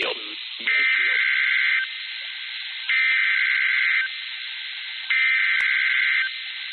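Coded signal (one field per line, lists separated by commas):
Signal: Emergency Alert System (SAME) tones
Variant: header bursts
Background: speech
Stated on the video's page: Severe thunderstorm warning EAS alert, streamed.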